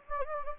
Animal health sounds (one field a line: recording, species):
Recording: mosquito wingbeat signal from an infrared sensor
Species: Anopheles gambiae